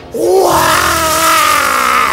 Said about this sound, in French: Son rugissement fut si puissant qu'il fit trembler et s'agiter toutes les feuilles autour de lui. Je suis un lion, le roi de la jungle, gouverneur de tous les animaux.